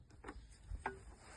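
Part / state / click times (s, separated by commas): water hose coupling into a cryotherapy machine port / seated / 0.9 s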